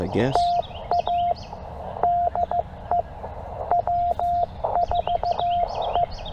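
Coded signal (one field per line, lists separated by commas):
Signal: Morse code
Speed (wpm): 15 wpm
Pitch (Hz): 700 Hz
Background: speech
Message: TA DE W4E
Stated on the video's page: Parks on the Air CW activation at a state park in Tennessee.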